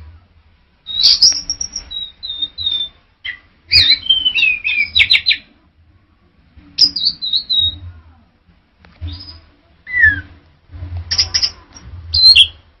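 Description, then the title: Orange-headed thrush song: clear whistled notes, many sliding downward, mixed with short scratchy bursts, delivered in phrases with silent gaps between them. "Anis Merah"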